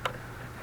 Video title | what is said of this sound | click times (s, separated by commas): How To Change Spark Plugs in 2008 Jeep Liberty | I can click my wire back on and I can put my 10 millimeter nut back on | 0.1 s